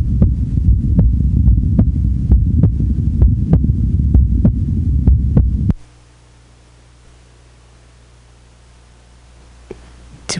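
A normal adult human heartbeat: steady, low, thudding beats over a low hum. The beats stop a little over halfway through, leaving near silence.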